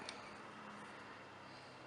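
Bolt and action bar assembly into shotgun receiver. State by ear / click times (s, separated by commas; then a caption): not seated / none. During reassembly of a Remington 870 Tactical pump shotgun, the bolt and action bar assembly is being fitted into the steel receiver. A brief sharp tick at about 0.1 s is followed by a low, steady background hum with a faint tone near 200 Hz. The assembly has not seated or clicked into place yet.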